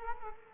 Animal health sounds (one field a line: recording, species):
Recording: mosquito wingbeat signal from an infrared sensor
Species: Culex quinquefasciatus